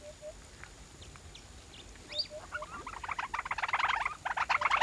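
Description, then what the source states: Hippopotamus grunting: faint whistles at first, then a run of rough, pulsed honking grunts building in loudness over the last two seconds. Kenya, Africa atmosphere recording; hippo grunting and snorting.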